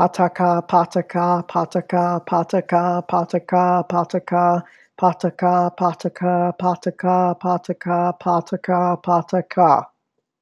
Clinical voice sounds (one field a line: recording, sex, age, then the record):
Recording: repeated syllables /pa ta ka/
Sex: male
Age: 30 to 39 years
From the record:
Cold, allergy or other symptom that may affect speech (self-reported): no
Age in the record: 34 years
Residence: Kentucky, United States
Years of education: 14